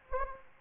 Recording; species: mosquito wingbeat signal from an infrared sensor; Anopheles gambiae